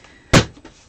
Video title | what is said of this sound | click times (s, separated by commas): How to Make Fake Bake Cupcakes | you should be able to hear that little click | 0.3 s